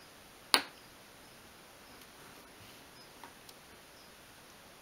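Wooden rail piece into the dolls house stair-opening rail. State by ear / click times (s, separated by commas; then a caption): seated / 0.5 s. The last small wooden rail piece is pushed into position in the safety rail around a dolls house stair opening and seats with a single sharp click at 0.5 s. Two faint ticks follow at about 3.2 and 3.5 s. The rail piece is seated.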